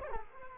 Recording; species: mosquito wingbeat signal from an infrared sensor; Culex quinquefasciatus